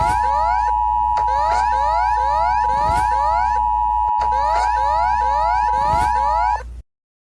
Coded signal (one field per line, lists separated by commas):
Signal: Emergency Alert System (SAME) tones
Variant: 853 and 960 Hz attention tone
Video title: ECUADOR EAS ALARM 🇪🇨 1830